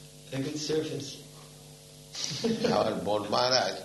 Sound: laughs

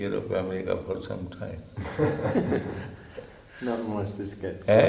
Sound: laughter

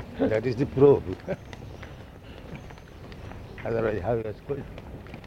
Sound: laugh

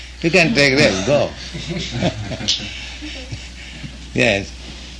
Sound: laughs

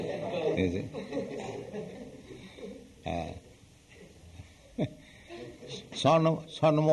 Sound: chuckles

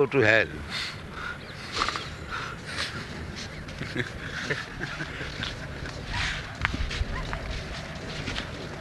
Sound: laughs

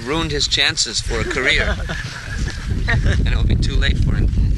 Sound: laughter

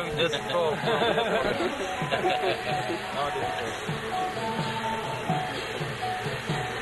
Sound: laughs

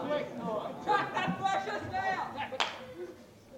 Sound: more yelling from audience

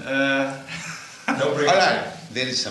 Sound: laughter

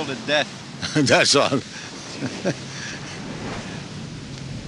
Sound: laughs

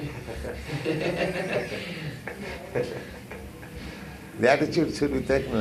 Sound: laughter

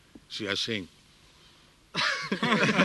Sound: laughter

